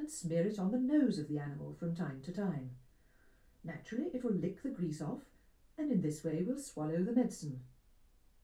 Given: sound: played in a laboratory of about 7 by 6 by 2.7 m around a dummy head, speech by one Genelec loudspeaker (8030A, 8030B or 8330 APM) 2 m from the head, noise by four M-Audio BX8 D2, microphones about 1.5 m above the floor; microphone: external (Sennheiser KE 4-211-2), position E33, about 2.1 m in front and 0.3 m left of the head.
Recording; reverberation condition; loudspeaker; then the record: female speech in English; low; 60 degrees to the right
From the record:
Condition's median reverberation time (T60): about 310 ms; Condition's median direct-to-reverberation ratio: about 3.5 dB